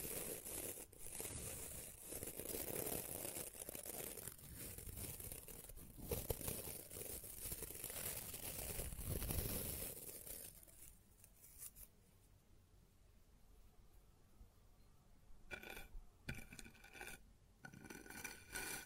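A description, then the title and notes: Dense scraping and crinkling on a wooden surface fill the first ten seconds, then thin to sparse taps and short bright rubs near the end. ASMR Sounds on Wooden Surface (No Talking).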